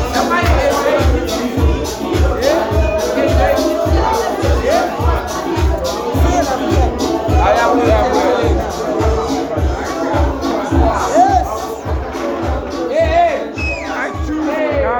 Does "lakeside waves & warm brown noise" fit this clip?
no